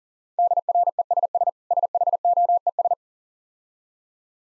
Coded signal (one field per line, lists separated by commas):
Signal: Morse code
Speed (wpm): 40 wpm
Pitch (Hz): 700 Hz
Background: none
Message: DRESS SHOES